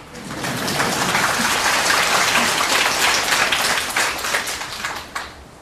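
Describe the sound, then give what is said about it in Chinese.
An audience breaks into applause, a dense, steady wash of many hands clapping that rises quickly, holds for several seconds, then thins into a few scattered claps at the end. “在我们中国人呢，这种风气还没有养成，在我们农禅寺的信徒呢，已经渐渐的多起来了，要鼓掌啊。”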